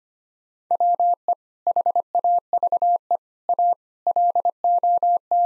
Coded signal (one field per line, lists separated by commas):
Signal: Morse code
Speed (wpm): 25 wpm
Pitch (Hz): 700 Hz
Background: none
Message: WE HAVE A LOT